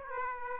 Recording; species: mosquito wingbeat signal from an infrared sensor; Aedes aegypti